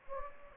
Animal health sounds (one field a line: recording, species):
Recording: mosquito wingbeat signal from an infrared sensor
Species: Anopheles gambiae